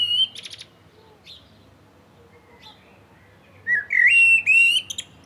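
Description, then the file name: Common blackbird delivering a rich, fluting whistled phrase that rises slightly and trails into high twittering notes, after a brief chirpy opening. "Turdus merula"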